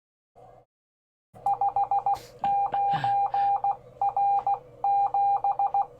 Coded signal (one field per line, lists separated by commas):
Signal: Morse code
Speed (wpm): 16 wpm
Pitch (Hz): 800 Hz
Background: none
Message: 59R7